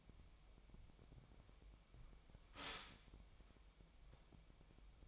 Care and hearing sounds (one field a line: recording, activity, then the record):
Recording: daily activity, microphone in the room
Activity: stop toaster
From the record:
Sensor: 1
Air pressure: 1002.0 hPa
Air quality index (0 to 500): 238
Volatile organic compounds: 43 ppm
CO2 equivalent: 3196 ppm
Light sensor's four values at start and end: 10/35/12/14 and 10/35/12/14